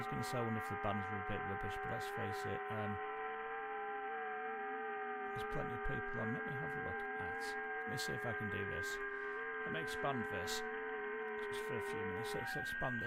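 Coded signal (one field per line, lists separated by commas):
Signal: FT8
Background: speech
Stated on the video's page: FT8 via WSJT-X, hunting European stations, recorded from a livestream.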